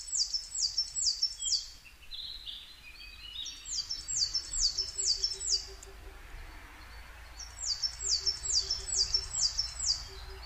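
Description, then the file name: Coal tit song: high two-note phrases repeated about twice a second in bursts, with short pauses and softer, lower notes between. Recorded 22 May 2010 at 17:33. "higara-20100522-1733"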